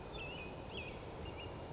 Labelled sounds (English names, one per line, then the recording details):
American Robin
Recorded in Sonoma County, California